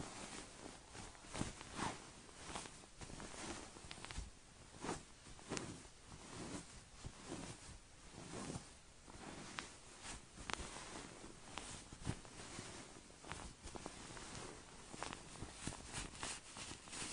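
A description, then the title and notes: Soft fabric of a cozy blanket is ruffled and handled, making a dense, steady rustle that fills the whole range. Brighter swishes and soft thumps come every second or so, irregular but continuous, with no voices and no other background sounds. Relaxing Random ASMR (No Talking, Soothing Tapping, Cozy Blanket Ruffling).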